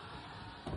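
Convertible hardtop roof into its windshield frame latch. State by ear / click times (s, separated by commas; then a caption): not seated / none. A Lexus IS250C power hardtop roof, its motor cleaned and adjusted, moves toward its windshield frame latch with a steady mechanical whir. Near 0.7 s the sound grows louder and heavier in the low end. Nothing has seated or latched yet.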